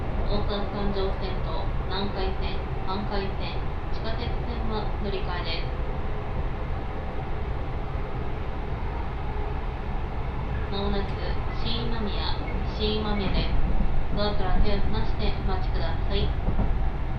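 A ride on an Osaka Loop Line train heading toward Kyobashi, with a steady low rumble running throughout. A woman's voice speaks in the first six seconds and again from about eleven seconds on, likely an announcement, over the constant train noise.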